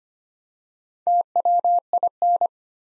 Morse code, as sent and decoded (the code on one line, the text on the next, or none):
- .-- .. -.
TWIN